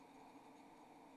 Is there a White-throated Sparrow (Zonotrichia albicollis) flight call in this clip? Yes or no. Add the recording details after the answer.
no. No flight call is heard. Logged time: 03:42 on 28 November 2014